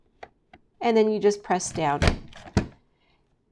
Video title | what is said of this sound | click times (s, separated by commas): Scrapbooking Basics ~ How to use the Border Maker Systems plus some Tips & Tricks | When you match up those and it's in place, you'll hear a small click. | 0.2 s